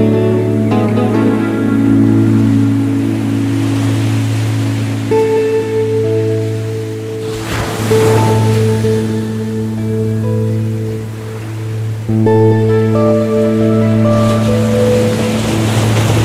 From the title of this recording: Waves On The Pacific Coast